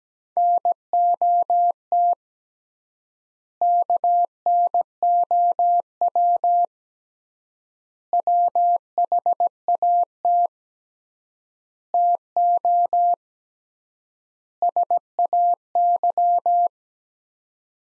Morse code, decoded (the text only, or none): NOT KNOW WHAT TO SAY